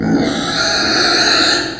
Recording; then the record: squeal of a Yucatan mini pig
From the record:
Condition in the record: before surgery on the right vocal fold (resection and tissue-engineered implant); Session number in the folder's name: 3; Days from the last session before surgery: 0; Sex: female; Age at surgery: 19 weeks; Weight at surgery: 25 kg